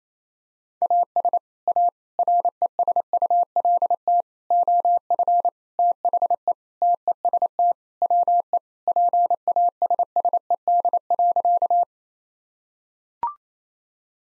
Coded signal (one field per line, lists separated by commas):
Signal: Morse code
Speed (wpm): 28 wpm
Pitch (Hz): 700 Hz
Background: none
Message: AS A RESULT OF THE TEST WE PASSED.